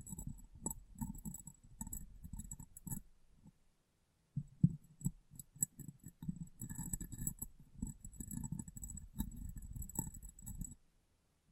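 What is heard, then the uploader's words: Rapid glass tapping and rubbing, dense low knocks with bright clinks, pausing briefly near the fourth second, then resuming until near the end. ASMR Glass Brain Tapping & Cleaning (No Talking).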